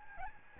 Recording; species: mosquito wingbeat signal from an infrared sensor; Aedes albopictus